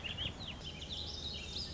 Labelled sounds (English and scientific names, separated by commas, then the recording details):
Warbling Vireo (Vireo gilvus)
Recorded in Sonoma County, California